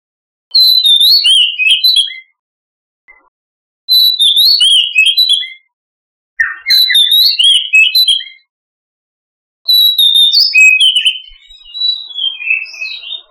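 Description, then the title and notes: Oriental magpie-robin song: four bursts of loud, fluid whistled phrases spaced by short silences, the last one longer. "Kicau Burung Kacer"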